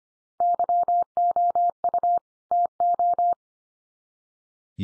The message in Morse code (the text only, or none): YOU TO